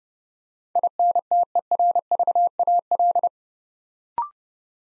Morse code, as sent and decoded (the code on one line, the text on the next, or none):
.. -. - . .-. ...- .- .-..
INTERVAL